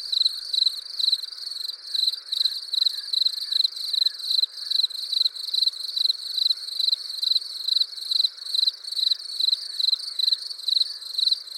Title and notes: Massignieu-de-Rives, France - juin 1999 orage et merle. Merle et orage, puis grillons